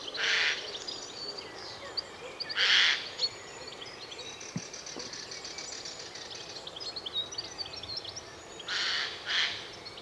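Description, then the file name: Eurasian jay calls: single harsh screeches at the start and near three seconds, then a closing double screech, with faint high twittering of other birds between. "Garrulus glandarius"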